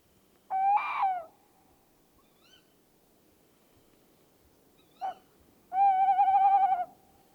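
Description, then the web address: Tawny owl calls: a wavering hoot, a brief single note after a pause, then an extended tremulous hoot, over quiet background. "STRIX-ALUCO eurasian-tawny-wood-owl"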